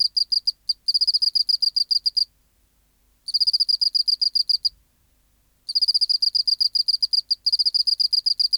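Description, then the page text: Oceanic field cricket song: three bursts of fast high-pitched pulses separated by short silent pauses. Recorded in the BMNH Acoustic Laboratory, 19 March 1984, 11:15 local time, 24 °C, 30% humidity, still air, dim light. "412:14 Teleogryllus oceanicus (514r2). BioAcoustica. Natural History Museum Sound Archive. Recording Location: BMNH Acoustic Laboratory Recorded by: W. J. Reynolds Date Recorded: Mandag, marts 19, 1984 Local time: 1115"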